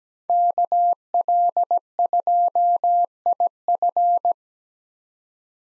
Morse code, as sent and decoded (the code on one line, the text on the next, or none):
-.- .-.. ..--- .. ..-.
KL2IF